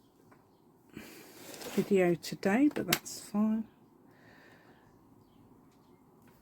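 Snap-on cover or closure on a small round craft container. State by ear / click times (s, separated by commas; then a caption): not seated / none. A snap-on cover is handled over a small round junk-journal craft container, and someone talks from about 1 to 3.6 seconds against quiet background noise. The cover has not seated or clicked yet by the end of the clip.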